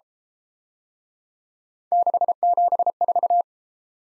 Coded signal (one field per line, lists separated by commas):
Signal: Morse code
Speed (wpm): 32 wpm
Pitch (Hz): 700 Hz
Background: none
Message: 674